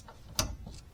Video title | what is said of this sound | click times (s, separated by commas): Finishing up a few small things on Lorreene. (2005 Ford F150) | I heard a click. It's not coming off. | 0.4 s